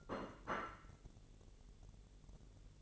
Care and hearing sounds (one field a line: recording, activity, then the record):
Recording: daily activity, microphone in the room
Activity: place plate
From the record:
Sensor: 4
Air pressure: 1002.9 hPa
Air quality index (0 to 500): 248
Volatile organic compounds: 20 ppm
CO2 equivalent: 2693 ppm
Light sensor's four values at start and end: 5/12/4/5 and 5/12/4/5